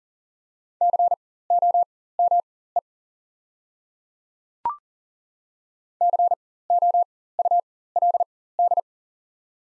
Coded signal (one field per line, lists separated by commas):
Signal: Morse code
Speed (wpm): 38 wpm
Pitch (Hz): 700 Hz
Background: none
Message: COME COULD